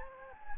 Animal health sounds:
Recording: mosquito wingbeat signal from an infrared sensor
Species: Anopheles gambiae

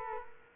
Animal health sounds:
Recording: mosquito wingbeat signal from an infrared sensor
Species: Culex quinquefasciatus

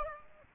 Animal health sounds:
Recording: mosquito wingbeat signal from an infrared sensor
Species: Aedes aegypti

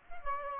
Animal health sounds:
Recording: mosquito wingbeat signal from an infrared sensor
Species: Culex quinquefasciatus

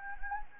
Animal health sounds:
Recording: mosquito wingbeat signal from an infrared sensor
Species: Anopheles gambiae

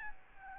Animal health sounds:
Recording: mosquito wingbeat signal from an infrared sensor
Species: Aedes albopictus

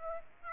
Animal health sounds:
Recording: mosquito wingbeat signal from an infrared sensor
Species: Aedes aegypti

